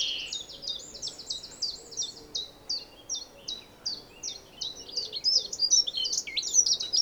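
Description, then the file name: European greenfinch twittering: dense repeated chirps and trilled notes, growing louder and more varied toward the end. "Chloris chloris"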